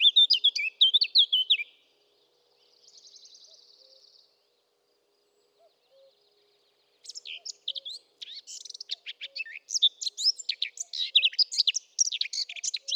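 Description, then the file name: Eurasian blackcap gives a quick twittering phrase, then a soft buzzy trill, a silent pause, and finally a long run of fast scratchy chattering notes. "Sylvia atricapilla"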